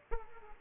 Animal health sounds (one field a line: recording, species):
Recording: mosquito wingbeat signal from an infrared sensor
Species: Aedes aegypti